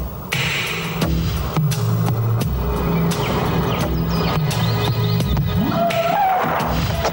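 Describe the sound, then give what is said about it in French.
An Audi car drives along in an advertisement, its engine humming low and steady with the pitch rising and falling as it shifts, punctuated by several sharp clicks. No one speaks. “Il a une Audi.”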